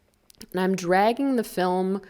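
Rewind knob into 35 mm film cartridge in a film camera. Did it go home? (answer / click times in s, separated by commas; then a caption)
yes / 0.3 s, 0.4 s. A film camera's rewind knob is pressed down into the 35 mm film cartridge placed in the chamber, making small clicks at 0.3 s and 0.4 s as it seats and engages the cartridge spool. Then someone talks.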